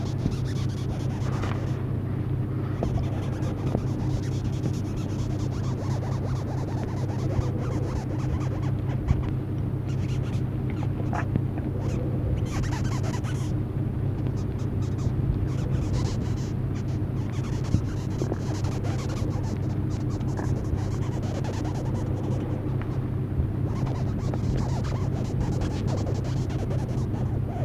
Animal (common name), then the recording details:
Eyed Longhorn Beetle. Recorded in captivity. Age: imago. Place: Zoologisches Institut der HUB, Berlin, DE. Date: 1967-06-01. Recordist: TSA